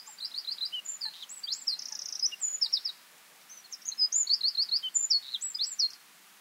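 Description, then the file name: Eurasian wren song: two loud, rapid bursts of high trills and sharp twittering notes, the first about three seconds long, a brief pause, then a second burst. "Troglodytes troglodytes"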